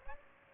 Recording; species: mosquito wingbeat signal from an infrared sensor; Aedes aegypti